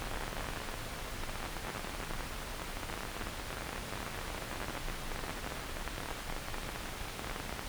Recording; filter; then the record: brain microelectrode recording played as sound; wide band, above 20 Hz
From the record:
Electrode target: subthalamic nucleus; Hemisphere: left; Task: reaching with the right hand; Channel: 1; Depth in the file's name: 0.251 mm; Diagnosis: Parkinson's disease